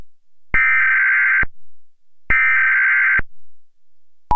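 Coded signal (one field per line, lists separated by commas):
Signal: Emergency Alert System (SAME) tones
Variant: header bursts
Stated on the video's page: EAS alert interrupting a Univision broadcast.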